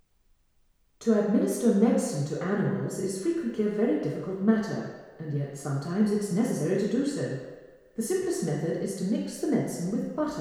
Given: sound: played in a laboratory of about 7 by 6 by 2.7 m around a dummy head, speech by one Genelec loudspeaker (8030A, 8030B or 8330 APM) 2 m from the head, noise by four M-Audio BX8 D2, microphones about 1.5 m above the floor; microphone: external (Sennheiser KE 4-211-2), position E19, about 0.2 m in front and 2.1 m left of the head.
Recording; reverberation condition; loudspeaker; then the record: female speech in English; high; 60 degrees to the left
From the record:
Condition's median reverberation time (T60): about 1300 ms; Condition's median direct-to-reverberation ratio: about -4.0 dB